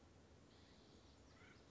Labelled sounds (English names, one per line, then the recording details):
Acorn Woodpecker
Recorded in Sonoma County, California